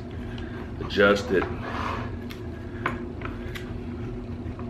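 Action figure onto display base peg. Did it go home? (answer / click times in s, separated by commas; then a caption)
yes / 2.9 s. After one failed try, a plastic action figure is fitted onto the peg of its plastic display base, with someone talking and a few light plastic taps around the attempt. A sharp pop at 2.9 s is the figure seating on the base, and it is confirmed in place.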